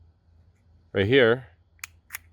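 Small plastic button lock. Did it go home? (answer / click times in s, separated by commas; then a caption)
released / 1.8 s. Someone talks, then the release button on a plastic plant support string reel (a plant yo-yo) is pressed and the lock lets go with a sharp click at 1.8 s, followed by a fainter click at 2.2 s. The reel is released.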